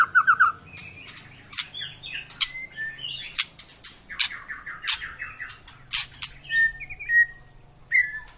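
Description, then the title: White-rumped shama song with a rapid whistled trill, clear flat whistles and a descending run of notes, over a faint low hum. Long lure recording of an actively singing White-rumped shama, played to make other birds sing. "Pancingan Murai Batu Gacor Panjang"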